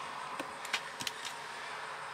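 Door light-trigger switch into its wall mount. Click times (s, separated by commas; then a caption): 0.7 s, 1.1 s. A small, already-wired door light-trigger switch is pushed into its plastic mount in a van's bathroom wall until it bottoms out at the back. Against steady background noise, sharp clicks sound at 0.7 s and 1.1 s, and the switch is seated in its mount.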